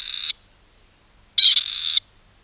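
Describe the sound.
A bird gives two rasping, buzzy notes, a short one and then a longer, louder one, separated by a second of quiet.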